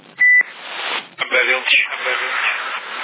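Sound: telephone dialing tones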